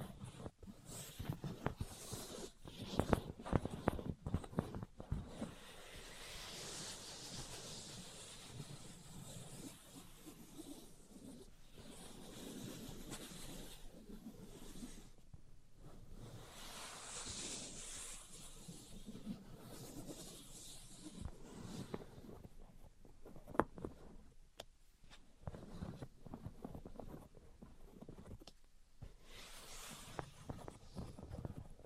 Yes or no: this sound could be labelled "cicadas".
no